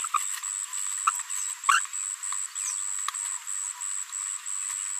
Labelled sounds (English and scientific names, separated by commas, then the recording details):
Green-rumped Parrotlet (Forpus passerinus) babbling
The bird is a female
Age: 22 days
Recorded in a nest box in Venezuela
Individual 17B73B3